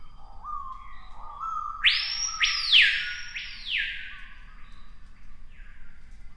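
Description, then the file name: Screaming piha scream: loud ringing whistled notes that sweep upward and break into strong slurred phrases, then fade into softer whistles over a low background rumble. "piha bird scream"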